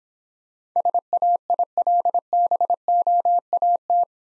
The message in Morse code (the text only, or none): SAILBOAT